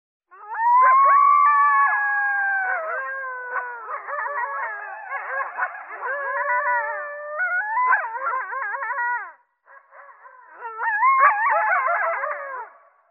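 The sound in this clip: Coyotes in a group chorus: long sliding howls overlap with rapid wavering yips and warbles, a brief pause, then a fresh burst of yipping howls.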